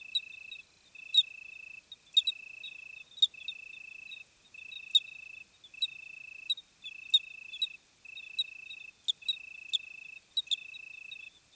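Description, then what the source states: Crickets trilling in a steady rhythm, each buzzy burst close to a second, under a bright continuous insect chorus with sharp clicks scattered throughout. Summer night chorus, 26 July 2020 at 21:15, Plateau de Lesches-en-Diois; hot night; recorded with Nagra Seven and B&K omni microphone.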